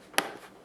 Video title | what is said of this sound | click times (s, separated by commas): Maintenance of a Sanitaire S675 | And you can hear it snap. | 0.2 s